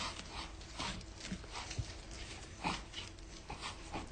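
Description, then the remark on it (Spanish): A dying female dog in a film scene whimpers and whines in short, uneven bursts over a steady noisy background, with a few soft thuds scattered through the sound. “Aguanta panza que está por morir la perra.”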